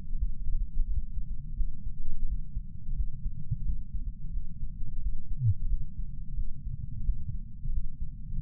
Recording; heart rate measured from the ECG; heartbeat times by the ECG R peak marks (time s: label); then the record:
heart sounds by patch sensor on the chest; 87 bpm
0.15 s: heartbeat
0.84 s: heartbeat
1.54 s: heartbeat
2.24 s: heartbeat
2.93 s: heartbeat
3.62 s: heartbeat
4.30 s: heartbeat
4.99 s: heartbeat
5.67 s: heartbeat
6.34 s: heartbeat
7.02 s: heartbeat
7.70 s: heartbeat
8.38 s: heartbeat
From the record:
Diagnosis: coronary artery disease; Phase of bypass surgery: postoperative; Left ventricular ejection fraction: 48.9%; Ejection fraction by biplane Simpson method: 50.6%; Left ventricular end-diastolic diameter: 48 mm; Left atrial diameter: 31 mm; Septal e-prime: 7.6 cm/s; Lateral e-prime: 9.6 cm/s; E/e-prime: 6.6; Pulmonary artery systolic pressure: 23 mmHg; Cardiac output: 5.5 L/min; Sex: male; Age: 60 years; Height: 174 cm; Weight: 72 kg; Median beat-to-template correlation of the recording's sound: 0.83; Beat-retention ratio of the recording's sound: 0.99